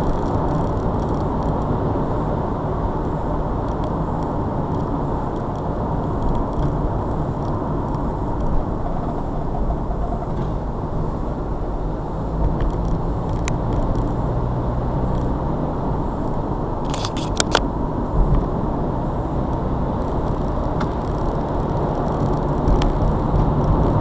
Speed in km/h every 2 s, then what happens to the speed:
89, 85, 82, 79, 71, 60, 68, 72, 76, 74, 76, 85.
0-10 slows to 60. 10-15 speeds up to 76. 15-20 steady at about 76. 20-24 speeds up to 85.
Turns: none.